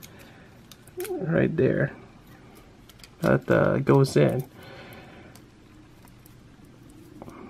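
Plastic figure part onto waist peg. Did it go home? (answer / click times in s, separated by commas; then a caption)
yes / 7.2 s. A part of a plastic action figure is pushed onto a peg on its waist during transformation, and it snaps into place at about 7.2 seconds with a sharp click. Before that, someone talks over quiet handling ticks and taps.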